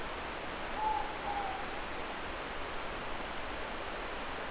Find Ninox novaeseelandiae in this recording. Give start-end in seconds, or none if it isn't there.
0.66-1.78